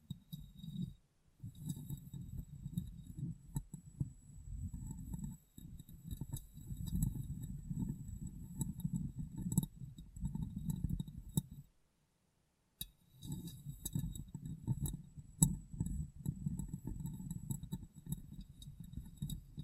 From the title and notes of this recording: ASMR Glass Brain Tapping & Cleaning (No Talking).